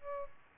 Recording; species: mosquito wingbeat signal from an infrared sensor; Aedes albopictus